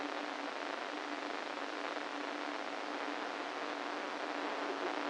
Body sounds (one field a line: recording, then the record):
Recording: brain microelectrode recording played as sound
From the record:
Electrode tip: inside the subthalamic nucleus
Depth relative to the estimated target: 1 mm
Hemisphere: right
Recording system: NeuroSet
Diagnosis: Parkinson's disease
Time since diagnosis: 13 years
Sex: male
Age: 49 years